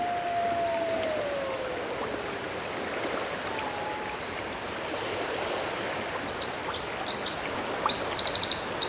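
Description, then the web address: Wolf howl: a long, smooth tone sliding slowly downward, then a shorter high note, over rushing stream noise with twittering birds at the end. Glacier Bay. "sounds whales wolves and eagles of glacier bay"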